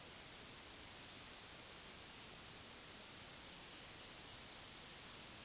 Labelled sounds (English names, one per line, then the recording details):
Black-throated Green Warbler song
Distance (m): 40 m
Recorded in a Pennsylvania forest on 1 June 2023 at 08:55
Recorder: AudioMoth, point grid3_27_low
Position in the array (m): 121 m, 102 m